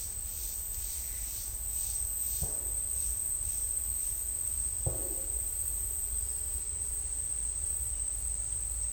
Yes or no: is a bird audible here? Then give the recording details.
no. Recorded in secondary vegetation near Puerto Asís, Putumayo, Colombia, on 26 December 2024 at 09:00. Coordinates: 0.484, -76.319. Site GP06